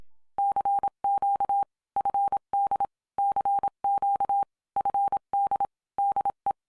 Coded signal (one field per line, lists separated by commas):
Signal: Morse code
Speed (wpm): 27 wpm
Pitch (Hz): 800 Hz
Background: none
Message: CQ FD CQ FD DE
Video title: OMARC Field Day 2011